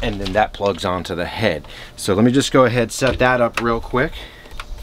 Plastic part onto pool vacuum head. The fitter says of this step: just set it in place it clicks right in place there so it's not going anywhere it's going to go into that filter